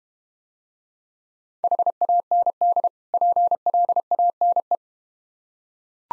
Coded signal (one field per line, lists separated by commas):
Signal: Morse code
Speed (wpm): 32 wpm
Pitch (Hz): 700 Hz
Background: none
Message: HAND PLANE